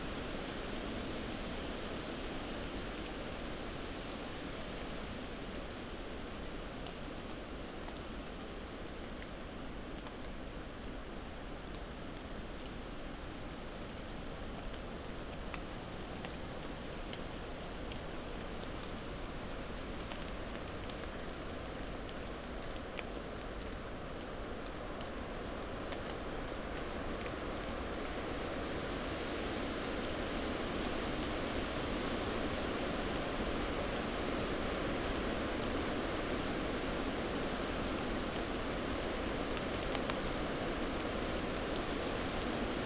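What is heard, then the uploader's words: Rain patters steadily on broad leaves in a dense, even hiss, growing slightly louder and brighter after about thirty seconds, with a low rumble beneath. An hour under moorland trees (rainy and sleep safe). The flurries of rain. Blowing and sprinkling the falling raindrops over wide, waxy, sheltering leaves.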